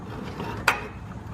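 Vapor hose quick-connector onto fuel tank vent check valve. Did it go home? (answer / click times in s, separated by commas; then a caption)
yes / 0.7 s. On a 1995–2000 Ford Explorer, the vapor vent hose quick-connector is pushed by hand onto the fuel tank vapor vent check valve over a low, steady background hum. A single sharp snap rings out at 0.7 s, and the connector is seated in place with little tension on it.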